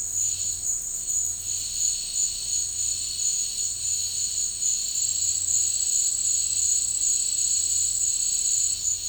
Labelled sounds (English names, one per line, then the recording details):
none
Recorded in dense forest near Puerto Asís, Putumayo, Colombia, on 13 March 2025 at 13:30
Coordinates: 0.485, -76.318
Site G056